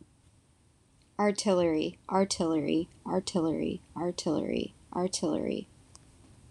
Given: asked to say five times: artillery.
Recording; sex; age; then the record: repeated word; female; 20 to 29 years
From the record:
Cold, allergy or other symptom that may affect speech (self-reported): no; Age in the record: 23 years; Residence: California, United States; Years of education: 16